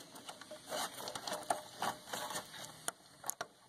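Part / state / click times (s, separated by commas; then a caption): exhaust gas temperature sensor plug into the vehicle harness connector / not seated / none. The exhaust gas temperature sensor plug on a Chevy Cruze Diesel is handled and slid toward the mating vehicle harness connector. There are soft plastic rattles and scrapes with a few sharp ticks, the loudest near 2.9 s. Nothing has seated or clicked yet.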